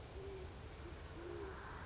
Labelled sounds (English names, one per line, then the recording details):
Great Horned Owl
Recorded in Sonoma County, California